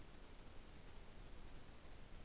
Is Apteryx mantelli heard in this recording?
no